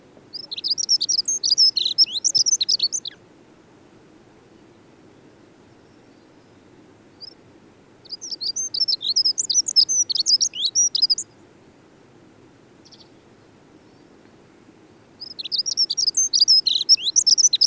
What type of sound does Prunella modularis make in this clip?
song